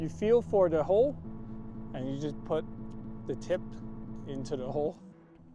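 Someone talks while feeling for the hole and putting the clasp tip into the clasp of a Pgytech CapLock neck mount for GoPro and DJI Action 4, worn around the neck, with the clasp behind the neck. A steady low tonal hum runs under the speech. The clip ends before the clasp snaps closed, so nothing has seated or clicked yet.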